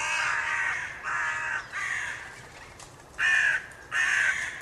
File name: Corvus corone